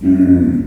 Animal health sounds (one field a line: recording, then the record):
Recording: squeal of a Yucatan mini pig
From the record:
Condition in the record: after surgery on the right vocal fold (resection and tissue-engineered implant)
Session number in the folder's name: 4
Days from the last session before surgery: 26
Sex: female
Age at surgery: 19 weeks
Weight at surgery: 25 kg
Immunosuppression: prednisolone